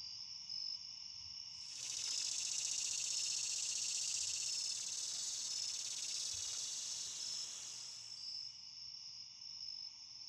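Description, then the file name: Cicada song: a loud, continuous, high buzzing drone that swells in after two seconds, holds steady, then drops away, leaving faint thin tones. "Cicada Drift"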